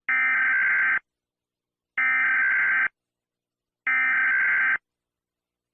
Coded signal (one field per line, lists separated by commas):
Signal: Emergency Alert System (SAME) tones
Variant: header bursts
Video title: Kuwait EAS Alarm (1990,Extended)